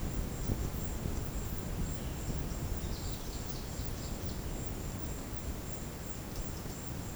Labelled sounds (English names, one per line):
none